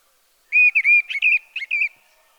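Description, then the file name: Mistle thrush song phrase: a loud, fluty burst of short whistled notes around the same pitch, delivered quickly over about a second and a half, with no other sounds. "Grive draine"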